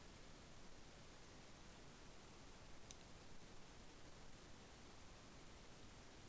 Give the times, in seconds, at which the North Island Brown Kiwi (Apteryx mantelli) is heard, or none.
none